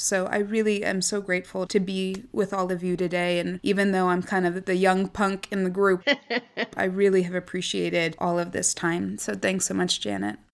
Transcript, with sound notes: So I really am so grateful to be with all of you today. And even though I’m kind of the young punk in the group,. (laughs) I really have appreciated all of this time. So thanks so much, Janet.